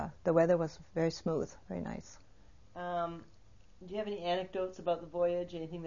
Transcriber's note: none